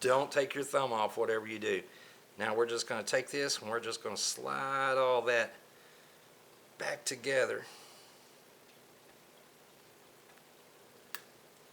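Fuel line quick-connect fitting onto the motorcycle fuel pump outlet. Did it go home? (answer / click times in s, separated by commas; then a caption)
yes / 11.2 s. Someone talks while holding the retainer down with a thumb and sliding a fuel line quick-connect fitting back together onto the fuel pump outlet of a Triumph motorcycle. After a quiet pause, a single short, sharp click is heard at 11.2 s as the fitting clicks home and is confirmed seated.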